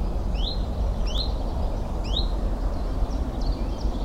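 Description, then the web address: Common chiffchaff song, three spaced high notes followed by fainter ones, set against a heavy low background rumble. "Alexander birds Common Chiffchaff , Zilp Zalp"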